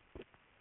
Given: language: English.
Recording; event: throat vibration sensor signal played as sound; swallow